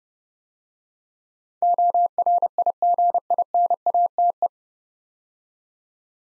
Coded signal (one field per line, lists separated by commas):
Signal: Morse code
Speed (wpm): 30 wpm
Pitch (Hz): 700 Hz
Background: none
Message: ORIGINATE